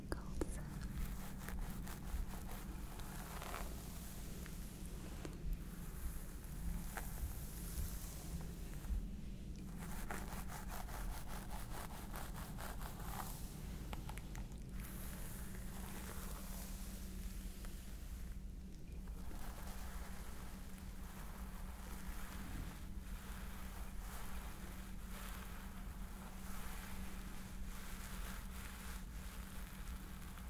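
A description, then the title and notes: A scalp massage, heard as dense, crackly rustling and scratching of fingers through hair that runs throughout, with brief quieter pauses around 9, 14 and 18 seconds. A steady low hum sits underneath the whole time, and the overall loudness stays even. Stress Relieving Scalp Massage ASMR.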